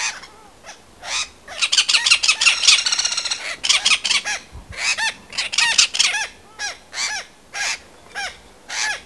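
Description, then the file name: Great spotted cuckoo calling with a dense burst of harsh chatter, followed by spaced, rasping squawks repeated roughly every half second. "Cuculo Dal Ciuffo"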